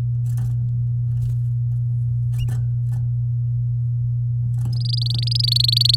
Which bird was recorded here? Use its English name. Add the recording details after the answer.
Domestic Canary. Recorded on 6 May 2018 at 12:00. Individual llb16